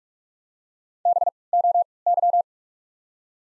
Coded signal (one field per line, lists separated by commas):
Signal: Morse code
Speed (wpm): 43 wpm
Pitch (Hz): 700 Hz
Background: none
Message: BOY